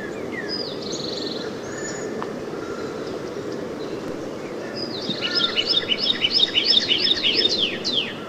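Northern cardinal song: a fast run of slurred whistled notes in the last few seconds, after scattered faint chirps from other birds and steady background noise.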